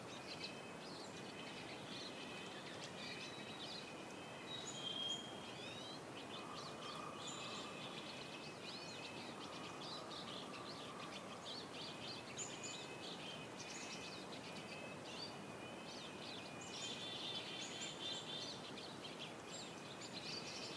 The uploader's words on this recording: A Winter Forest Morning. Winter temperatures have finally arrived in our part of Canada, but the birds still sing their songs as the cold breeze filters through the trees.